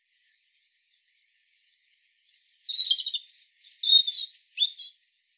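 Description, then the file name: European robin: faint high notes, a pause, then one rich, tumbling phrase of descending whistles, a short trill and quick sharp notes. "Erithacus rubecula"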